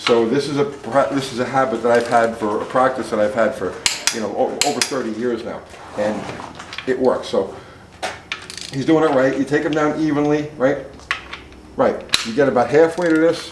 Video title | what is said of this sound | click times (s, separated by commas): Wrenching Classic Cars- Homestyle Engine Rebuild Part 8 | I feel if I hear the two clicks like that I know that bolt was torn so | 8.3 s, 8.5 s